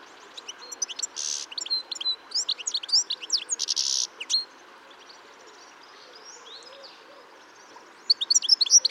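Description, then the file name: European goldfinch calls: quick runs of high, tinkling chirps and twittering notes, with two short buzzy bursts, then a pause and a fresh burst of bright notes at the end. "Carduelis carduelis"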